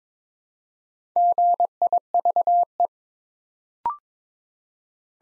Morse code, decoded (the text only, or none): GIVE